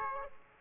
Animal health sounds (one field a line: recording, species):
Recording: mosquito wingbeat signal from an infrared sensor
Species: Aedes aegypti